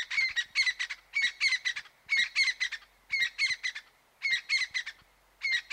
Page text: Crested Francolin на MELOBOOM